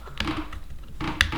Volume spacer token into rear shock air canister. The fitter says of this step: kind of clicks into place up there so now that we've gotten our green gnar dog in there